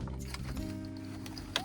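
A plastic wiring harness connector is pushed into the back of a car stereo head unit during installation while music plays in the background. Several small knocks come first, then a sharp click at 1.6 s as the latch seats, and the connector is in.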